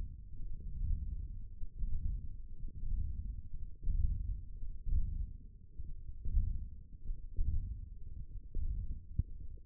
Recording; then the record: forearm muscle sounds (acoustic myography)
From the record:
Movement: hand opening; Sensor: system 1, eight BSWA MPA416 microphones around the upper forearm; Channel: 1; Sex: male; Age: 18 years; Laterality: right